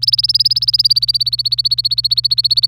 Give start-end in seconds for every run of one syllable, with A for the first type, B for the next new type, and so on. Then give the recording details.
0.02-2.68 A. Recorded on 26 April 2018 at 11:58. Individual llb3